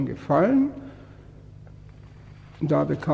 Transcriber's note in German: Papierblättern im Hintergrund